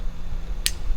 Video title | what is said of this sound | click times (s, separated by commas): Unboxing the VIOFO 4K HDR Dash Cam - See What's Inside and How It Performs on the Road! | you hear that click | 0.7 s